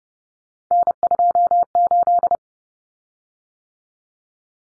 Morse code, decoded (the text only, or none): N28